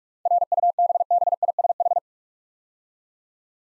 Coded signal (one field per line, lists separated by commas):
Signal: Morse code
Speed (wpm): 44 wpm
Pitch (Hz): 700 Hz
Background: none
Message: RUBBISH